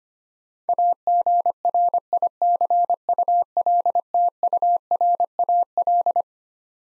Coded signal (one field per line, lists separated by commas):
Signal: Morse code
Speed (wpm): 25 wpm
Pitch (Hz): 700 Hz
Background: none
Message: AGRICULTURAL